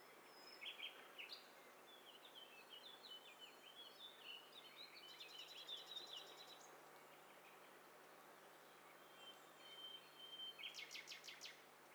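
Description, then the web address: Birds singing together, several high chirping and warbling phrases overlapping, with a burst of rapid buzzy trills near the middle and again near the end. Many birds singing at once. "Hi Fi STEREO BIRD COCKTAIL PARTY Challenge"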